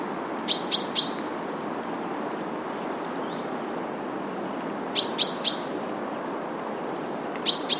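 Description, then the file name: Common chaffinch calls: sharp, high 'pink' notes given in quick sets of up to three, repeated three times throughout, over a steady soft background hiss. "Fringilla coelebs"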